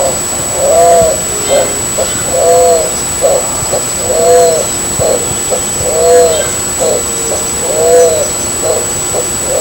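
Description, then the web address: Spot-winged pigeon repeating a deep, hollow coo phrase, one long note then two short ones, about every two seconds in an even rhythm, with light steady background noise. "sonidos Columba maculosa - Paloma de ala manchada"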